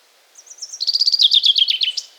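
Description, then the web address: Common chaffinch singing a brisk, descending series of sharp chirping notes, dropping in pitch in two steps and ending with a short flourish. "bnpi sounds erdei pinty"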